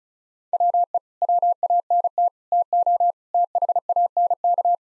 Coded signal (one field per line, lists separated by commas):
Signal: Morse code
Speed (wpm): 36 wpm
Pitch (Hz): 700 Hz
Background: none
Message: WE WANT TO THANK